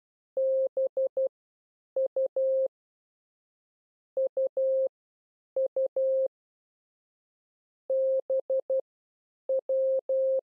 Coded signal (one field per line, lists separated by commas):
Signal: Morse code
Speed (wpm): 12 wpm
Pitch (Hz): 530 Hz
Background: none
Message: BU UU BW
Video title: How to Learn CW / Video #5 / Letters U W B